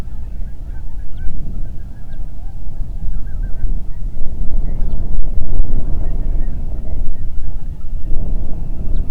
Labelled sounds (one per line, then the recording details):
songbird
waterfowl
wind
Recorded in the Prudhoe Bay oil fields, Alaska, on 8 June 2019 at 04:22
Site 30